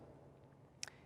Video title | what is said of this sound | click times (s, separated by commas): FLO Cycling How To - Freehub Maintenance | and you push it in to snap it in place just like that you'll feel it | 0.8 s